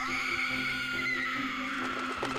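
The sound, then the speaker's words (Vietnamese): A terrifying, shrill scream held for a couple of seconds, loud and unbroken, its high pitch wavering slightly as it stretches on, with no talking over it. “Nó thét lên làm tất cả mọi người đều kinh hãi.”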